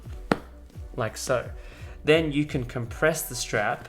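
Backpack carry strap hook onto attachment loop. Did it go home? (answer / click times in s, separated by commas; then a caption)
yes / 0.3 s. A carry strap hook on a Peak Design Travel Backpack, caught on an attachment loop, is pulled down until it clicks into place. A sharp click sounds at 0.3 s, and the hook is seated. Someone then talks.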